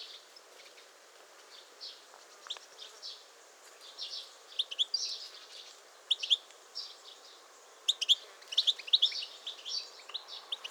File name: Carduelis carduelis